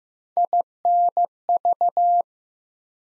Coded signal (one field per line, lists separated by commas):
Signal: Morse code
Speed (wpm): 15 wpm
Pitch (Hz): 700 Hz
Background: none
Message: INV